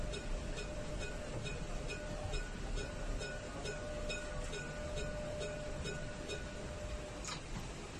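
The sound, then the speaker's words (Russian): A tram in France rolls steadily along its rails, a continuous rumbling roar with a faint high whine and a regular ticking of wheels over rail joints throughout. “Трамвай едет, едет, едет, едет.”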